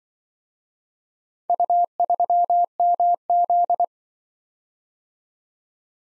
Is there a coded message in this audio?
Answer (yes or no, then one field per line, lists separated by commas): yes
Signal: Morse code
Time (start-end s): 1.5-3.8 s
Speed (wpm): 24 wpm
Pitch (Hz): 700 Hz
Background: none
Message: U3MZ